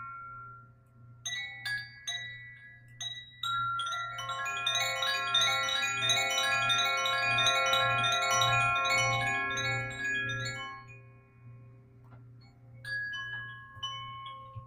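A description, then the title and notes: Wind chimes and a sound bowl ring out in bright, overlapping tones that swell densely mid-clip, fade near eleven seconds, then return sparsely over a steady low hum. A relaxing and immersive sound bath meditation specifically using my sound bowl and wind chimes.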